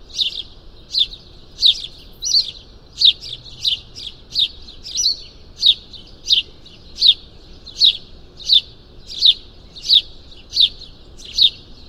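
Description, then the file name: House sparrow giving repeated bright chirps, roughly one or two per second, evenly spaced and high-pitched over a quiet low rumble. "Passer domesticus"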